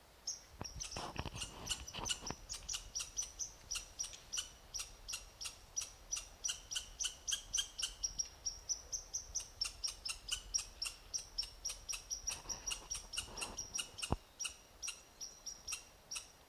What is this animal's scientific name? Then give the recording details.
Tamiasciurus hudsonicus. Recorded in the wild. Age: adult. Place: Jasper National Park, Rocky Mountains, Alberta, CA. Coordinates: 52.9072, -118.065. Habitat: coniferous forest. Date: 1991-09-13 19:00. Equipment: Sony WM-D6C, Sony ECM-939 LT (Stereo), Kopie Uher 4400 IC. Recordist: Frommolt, Karl-Heinz. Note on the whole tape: Whistlers Campground Jasper: Rufe bei Annäherung des Beobachters an Wohnkolonie der Rothörnchen